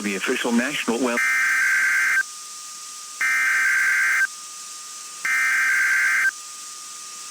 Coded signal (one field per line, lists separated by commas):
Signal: Emergency Alert System (SAME) tones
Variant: header bursts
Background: speech